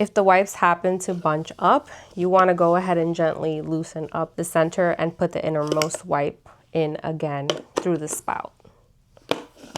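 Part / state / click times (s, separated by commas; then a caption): wipe dispenser top onto magnetic base / seated / 9.3 s. Someone talks about refeeding bunched baby wipes through the spout of a wipe dispenser. The plastic dispenser top is then put back onto its magnetic base and snaps on with a sharp click at 9.3 s, seating firmly.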